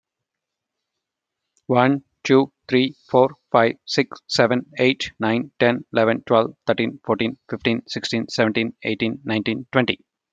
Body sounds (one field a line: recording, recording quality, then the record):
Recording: counting at a fast pace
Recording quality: excellent, no background noise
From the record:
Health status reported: healthy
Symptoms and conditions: none ticked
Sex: male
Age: 37 years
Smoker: not ticked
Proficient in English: yes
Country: India